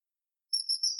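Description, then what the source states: Common kingfisher call, one drawn-out, shrill high whistle starting midway and wavering slightly in pitch until the end, nothing else audible. Recorded at Eura on 22 July 2022.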